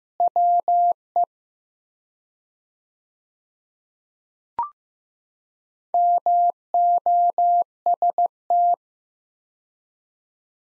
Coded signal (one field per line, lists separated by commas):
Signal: Morse code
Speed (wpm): 15 wpm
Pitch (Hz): 700 Hz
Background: none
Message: WE MOST